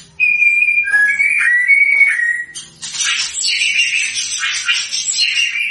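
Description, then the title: White-rumped shama song: a pure sustained whistle with a lower sliding note, then a dense burst of fast, buzzy, jumbled high notes. Lure recording of a white-rumped shama singing vigorously, meant to provoke an immediate response. "PANCINGAN MURAI BATU GACOR, LANGSUNG RESPON"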